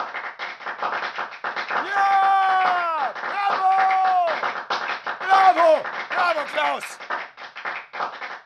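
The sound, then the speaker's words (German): Dense, continuous clapping by one person, recorded several times separately and layered on top of itself, builds into the impression of a large applauding audience, with rising and falling voiced whoops and calls layered over it midway through. “Sein mehrfach einzeln aufgenommenes Klatschen kopiert er übereinander, sodass am Ende der Eindruck eines vielköpfigen Publikums entsteht.”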